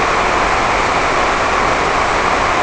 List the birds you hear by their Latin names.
none